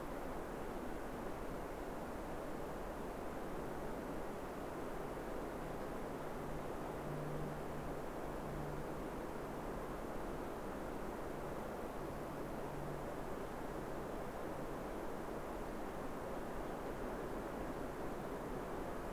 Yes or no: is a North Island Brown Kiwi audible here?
no